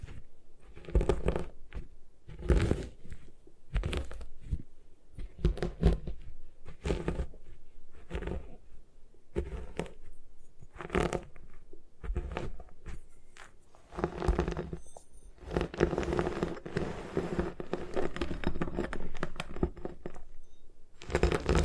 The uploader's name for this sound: Satisfying Ways to Destroy Gym Chalk